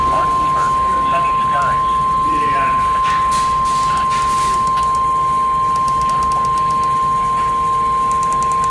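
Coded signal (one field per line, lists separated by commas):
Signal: Emergency Alert System (SAME) tones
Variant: 1050 Hz attention tone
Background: speech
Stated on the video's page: Recorded weekly EAS test alerts.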